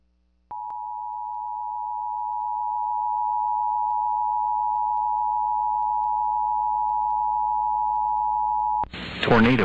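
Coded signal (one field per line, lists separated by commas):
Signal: Emergency Alert System (SAME) tones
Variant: 853 and 960 Hz attention tone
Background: speech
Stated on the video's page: Real EAS alert audio for a Tornado Emergency in Mississippi.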